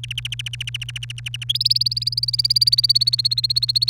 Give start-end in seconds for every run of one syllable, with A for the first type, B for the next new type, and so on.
0.04-1.44 A, 1.49-3.90 B